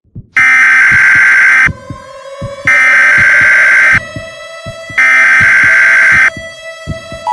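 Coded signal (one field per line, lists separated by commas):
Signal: Emergency Alert System (SAME) tones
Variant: header bursts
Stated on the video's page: Fictional EAS scenario using valid EAS tones.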